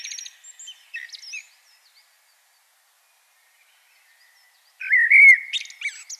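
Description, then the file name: Common blackbird: a phrase ends in high scratchy twitters. After several seconds of near silence a fresh fluty, rolling phrase follows. "Turdus merula"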